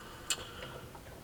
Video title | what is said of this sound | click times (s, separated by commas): Nerf Disruptor Reassembly | like in there I feel kind of clicked in place | 0.3 s